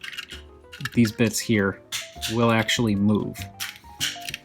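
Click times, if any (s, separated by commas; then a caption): 4.3 s. Someone talks while a movable plastic lock piece at the back of a transforming toy robot's leg is pushed into place. Two sharp clicks at 4.3 s and 4.3 s mark the piece locking in, which holds the hinge so the knee moves without bending the transformation joint.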